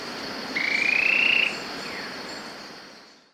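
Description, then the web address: Yellow tyrannulet giving one rapid, buzzy, slightly rising trill lasting about a second, with a faint insect hum behind it. Recorded in Ecuador. "Birds of Ecuador. Yellow Tyrannulet"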